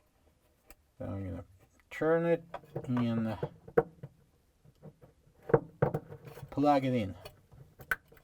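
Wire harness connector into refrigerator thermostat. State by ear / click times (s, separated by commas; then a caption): seated / 7.9 s. A wire harness connector, with its locking tab at the back, is plugged into a Whirlpool/KitchenAid/Maytag refrigerator thermostat (tube shield part WP2196003) while someone talks, with short handling taps along the way. The connector seats with a sharp click at 7.9 s.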